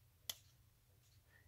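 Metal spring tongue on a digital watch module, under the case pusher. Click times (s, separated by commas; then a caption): 0.3 s. On the second side of a Casio World Time AE1200WH-1A digital watch module, the metal spring tongue under the case pusher snaps into place with a single sharp, bright click at 0.3 s. A faint low hum continues underneath, and the tongue is seated behind the pusher.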